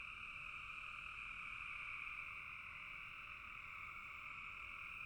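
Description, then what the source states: Frog chorus of countless overlapping croaks forming a steady shimmering buzz without pauses. Frogs calling in a bog.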